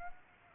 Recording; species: mosquito wingbeat signal from an infrared sensor; Aedes aegypti